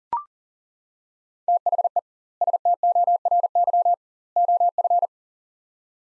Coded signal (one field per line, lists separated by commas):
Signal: Morse code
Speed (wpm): 40 wpm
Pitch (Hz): 700 Hz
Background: none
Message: THE STORY OF